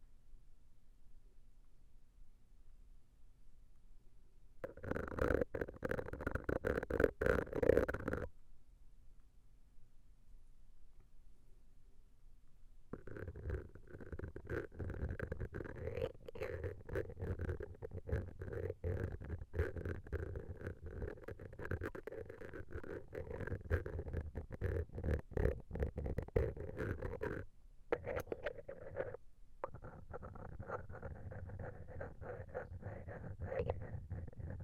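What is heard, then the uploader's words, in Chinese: A stainless steel ear pick scrapes and rubs, giving a muffled, rumbling scratch with crisp clicks on top. A short burst comes around five seconds, then near silence, and from about thirteen seconds the dense scraping runs steadily with brief pauses. 不鏽鋼掏耳棒 ASMR。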